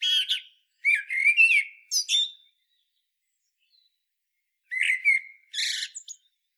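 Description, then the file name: Common blackbird, quick series of chattering and sliding notes, a pause of about two seconds, then a shorter burst ending in a harsh squeak. "Turdus merula"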